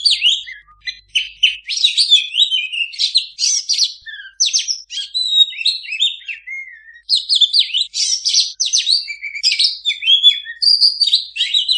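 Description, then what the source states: Oriental magpie-robin singing continuously, a busy mix of high whistles, chips and scratchy notes with barely any gaps. Singing kacer used as a master recording to train kacer that do not sing.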